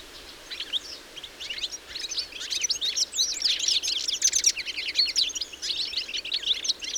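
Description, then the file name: European goldfinch calls begin as sparse tinkling chirps, then build into a busy, overlapping twitter of bright notes and trills through the latter half. "Carduelis carduelis"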